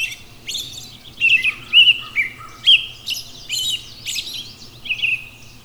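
Robin delivering a few sweet, high warbled phrases with short gaps, the notes dipping and rising, over a quiet steady hum.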